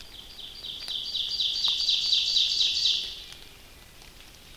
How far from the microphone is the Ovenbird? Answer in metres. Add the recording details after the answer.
about 35 m. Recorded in boreal forest in Alberta, Canada, on 29 May 2016 at 06:10. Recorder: SongMeter 3, array SBT-3-49. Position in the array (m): 123 m, 133 m. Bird 15